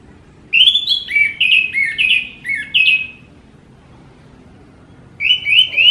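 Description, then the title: Orange-headed thrush song: bursts of clear, slurred whistled notes delivered rapidly over a few seconds, a pause, then another phrase begins. Thrush singing vigorously and continuously, described as 'gacor teler'. "Suara Burung Anis Merah Gacor Teler"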